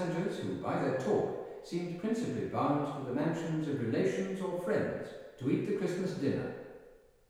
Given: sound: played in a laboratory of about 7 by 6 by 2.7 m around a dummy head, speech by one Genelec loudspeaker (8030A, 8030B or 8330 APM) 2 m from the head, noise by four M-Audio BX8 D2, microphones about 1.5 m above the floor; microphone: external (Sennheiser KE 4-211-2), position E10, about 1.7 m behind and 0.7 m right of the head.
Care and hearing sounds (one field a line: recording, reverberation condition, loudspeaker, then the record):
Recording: male speech in English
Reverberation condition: high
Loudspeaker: 120 degrees to the left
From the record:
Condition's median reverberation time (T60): about 1300 ms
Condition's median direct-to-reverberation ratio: about -4.0 dB